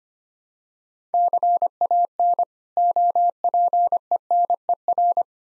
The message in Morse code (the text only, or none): CAN OPENER